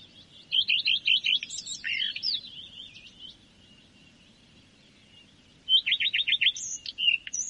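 Common redstart song: two phrases of rapid repeated chirpy notes, the first ending in a jumbled twittering flourish.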